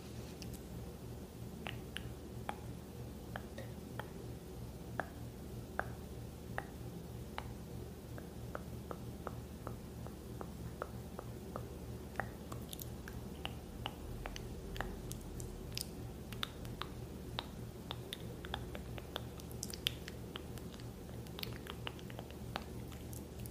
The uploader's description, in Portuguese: muitos sons de boca, tapping, cafuné e pincel na tela